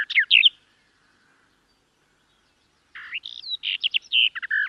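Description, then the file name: Garden warbler song with a brief warbled fragment, about two seconds of quiet, then a lively phrase of clear, fluty and rolling notes. "Canto do felosa das figueiras"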